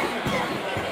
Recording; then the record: coughing mixed with background sound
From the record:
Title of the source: Mid-morning Winter Coughing Fit